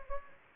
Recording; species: mosquito wingbeat signal from an infrared sensor; Anopheles gambiae